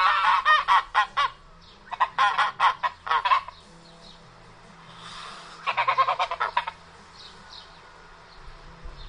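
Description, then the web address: Italian goose honking: rapid harsh nasal honks in three bursts of several each, separated by pauses, over a low steady hum. Domestic breed. "oca domestica. oca italiana"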